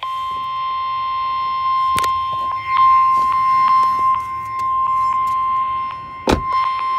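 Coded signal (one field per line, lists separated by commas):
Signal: Emergency Alert System (SAME) tones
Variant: 1050 Hz attention tone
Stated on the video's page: Required weekly tests on NOAA weather radio station KIH63.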